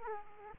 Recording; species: mosquito wingbeat signal from an infrared sensor; Aedes aegypti